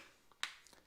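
The second temple arm of a pair of Smith Vert PivLock oversized frameless cycling sunglasses is pivoted into the lens attachment on the other side of the lens, its small cylinder extrusion aligned with the slot. A faint tick at about 0.3 s comes before one sharp, bright snap at 0.4 s as the arm locks and is seated, followed by a few light ticks around 0.7 s.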